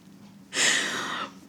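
A single hissing, snorty breath sound of just under a second rises out of quiet room noise and fades off. It is Jeffrey, a pug, snoring in the background, with a harsh, airy noise typical of a flat-faced dog's breathing.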